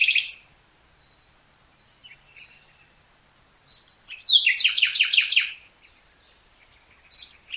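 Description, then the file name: Common nightingale song featuring a loud, fast repeated trill after softer whistled notes, ending with another brief phrase. "Luscinia megarhynchos"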